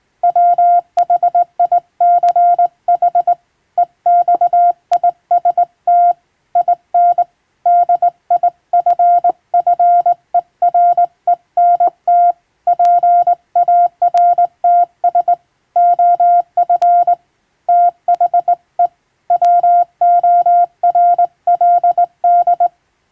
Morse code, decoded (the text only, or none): WHICH EXIST IN DIFFERENT PARTS OF THE WORLD